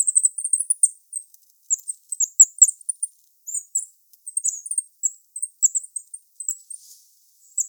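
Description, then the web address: Goldcrest calling: many very high, thin notes, quickly clustered at the start, then scattered through the rest. "regulus regulus call"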